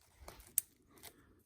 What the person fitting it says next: And it's clicked.